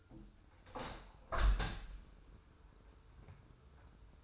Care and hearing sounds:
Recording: daily activity, microphone in the room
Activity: open window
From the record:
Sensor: 2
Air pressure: 995.6 hPa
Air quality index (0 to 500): 97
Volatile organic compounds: 5 ppm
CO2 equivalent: 1796 ppm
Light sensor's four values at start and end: 24/76/30/29 and 25/78/31/29

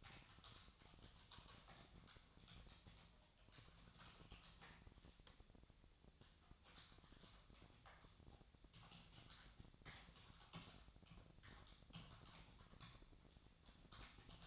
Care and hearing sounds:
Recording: daily activity, microphone in the room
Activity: typing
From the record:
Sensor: 3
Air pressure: 999.2 hPa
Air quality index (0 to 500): 206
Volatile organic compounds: 55 ppm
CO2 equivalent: 3362 ppm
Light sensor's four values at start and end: 8/19/7/7 and 8/19/7/8

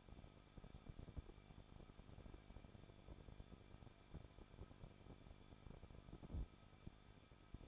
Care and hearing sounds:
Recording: daily activity, microphone in the room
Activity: no activity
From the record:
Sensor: 5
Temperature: 20.8 degrees Celsius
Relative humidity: 38.4%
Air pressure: 1006.5 hPa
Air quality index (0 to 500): 189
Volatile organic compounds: 19 ppm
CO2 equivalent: 2671 ppm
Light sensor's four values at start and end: 2/3/1/1 and 2/3/1/1

